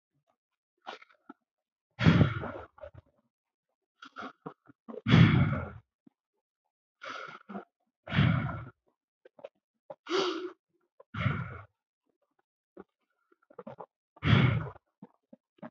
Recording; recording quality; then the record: deep breathing; excellent, no background noise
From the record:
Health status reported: healthy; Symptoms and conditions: none ticked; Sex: male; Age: 30 years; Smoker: not ticked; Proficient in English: yes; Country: India